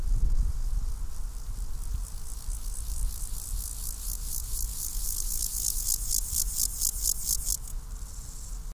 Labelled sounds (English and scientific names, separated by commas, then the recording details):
Water-meadow Grasshopper (Chorthippus montanus) stridulation
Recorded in the wild
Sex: male
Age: imago
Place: Mühlenbeck, Brandenburg, DE
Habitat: Feuchtwiese
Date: 1997-08-31 15:26
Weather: 24°C, heiter (Wolkenschatten)
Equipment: Sony MD-WM MZ-R3, Sennheiser ME 80, K 30 AV, Kopie Uher 4000 Report Monitor
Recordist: Tembrock, Günter
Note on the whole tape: Stridulation bei Wolkenschatten. Feuchte Waldwiese bei Summt